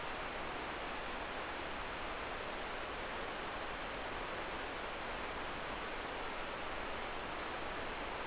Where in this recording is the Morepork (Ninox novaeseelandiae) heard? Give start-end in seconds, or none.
none